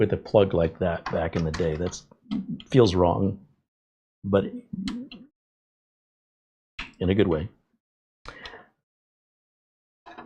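Someone talks while a front-panel USB 3.1 cable plug is handled and lined up over the motherboard header, ready to be pushed home. Nothing has seated or clicked yet.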